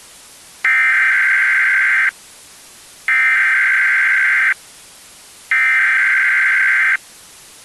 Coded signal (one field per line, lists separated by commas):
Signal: Emergency Alert System (SAME) tones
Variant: header bursts